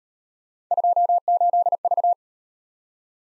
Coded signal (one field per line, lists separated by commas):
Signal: Morse code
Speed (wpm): 39 wpm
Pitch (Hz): 700 Hz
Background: none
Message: 28V